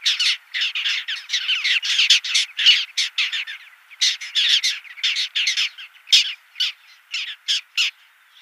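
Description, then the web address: Little gull calls, a run of loud, harsh, clipped notes given in quick bursts with short gaps between them. "Schulze Peter Little Gull"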